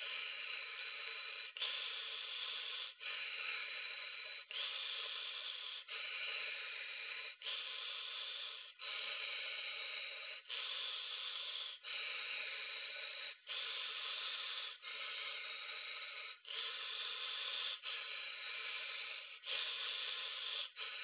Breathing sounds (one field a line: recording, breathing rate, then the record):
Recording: paced breathing near a phone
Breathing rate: 20 breaths a minute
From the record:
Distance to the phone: 20 cm